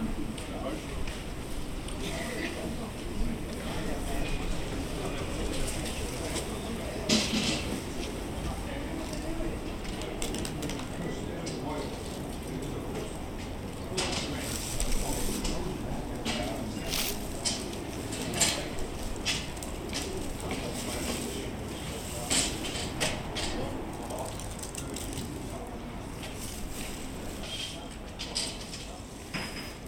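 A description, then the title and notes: Outdoor square on a morning, with a steady murmur of people talking and passing traffic rumbling low underneath. Short bright clicks and clatters pop up every few seconds, thickest around the middle, like cups, footsteps or a bike rattling past. Bell Green: Friday morning in Riley Square. It’s cold and cloudy in Riley Square. Shoppers are headed to the supermarket, a child zips about on his bike, people are sipping coffee outside the cafe. The recordings were captured using a binaural microphone between January and April 2022.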